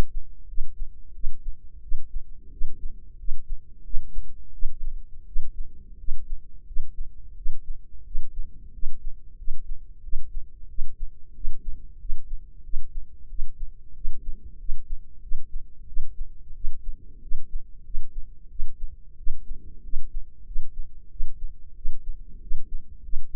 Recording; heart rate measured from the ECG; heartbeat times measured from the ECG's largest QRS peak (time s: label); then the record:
heart sounds by microphone in the left ear; 90 bpm
0.46 s: heartbeat
1.13 s: heartbeat
1.81 s: heartbeat
2.50 s: heartbeat
3.17 s: heartbeat
3.83 s: heartbeat
4.52 s: heartbeat
5.25 s: heartbeat
5.97 s: heartbeat
6.65 s: heartbeat
7.35 s: heartbeat
8.04 s: heartbeat
8.72 s: heartbeat
9.36 s: heartbeat
10.01 s: heartbeat
10.67 s: heartbeat
11.33 s: heartbeat
11.98 s: heartbeat
12.62 s: heartbeat
13.28 s: heartbeat
13.93 s: heartbeat
14.57 s: heartbeat
15.20 s: heartbeat
15.86 s: heartbeat
16.53 s: heartbeat
17.20 s: heartbeat
17.83 s: heartbeat
18.48 s: heartbeat
19.16 s: heartbeat
19.82 s: heartbeat
20.44 s: heartbeat
21.09 s: heartbeat
21.74 s: heartbeat
22.40 s: heartbeat
23.01 s: heartbeat
From the record:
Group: healthy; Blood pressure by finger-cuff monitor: 104/60 mmHg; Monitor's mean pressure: 74 mmHg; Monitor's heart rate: 91 bpm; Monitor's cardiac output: 7.8 L/min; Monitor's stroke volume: 86 mL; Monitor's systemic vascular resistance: 680 dyn s/cm5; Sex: female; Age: 22 years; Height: 157 cm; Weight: 47.6 kg